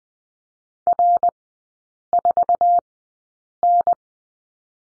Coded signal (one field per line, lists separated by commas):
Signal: Morse code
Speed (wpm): 20 wpm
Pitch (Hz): 700 Hz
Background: none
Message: R4N